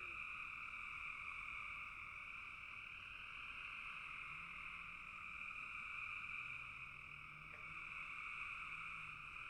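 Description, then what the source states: Frog chorus, a steady high trilling drone, with a few faint low drawn-out tones beneath it in the second half. Frogs calling in a bog.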